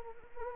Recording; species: mosquito wingbeat signal from an infrared sensor; Anopheles arabiensis